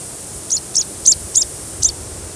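Sprague's pipit giving five thin, very high, short squeaky call notes, irregularly spaced, over a faint steady hiss.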